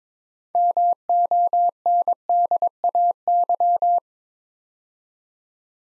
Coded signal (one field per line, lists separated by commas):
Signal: Morse code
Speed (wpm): 22 wpm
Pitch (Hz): 700 Hz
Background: none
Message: MONDAY